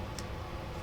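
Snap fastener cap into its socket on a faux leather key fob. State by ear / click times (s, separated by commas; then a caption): seated / 0.2 s. A snap fastener cap is pressed into its socket on a faux leather key fob. One sharp, short click is heard at 0.2 s as it snaps shut, over a steady low background. The snap seats easily.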